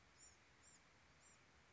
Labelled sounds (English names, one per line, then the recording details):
Bewick's Wren
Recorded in Sonoma County, California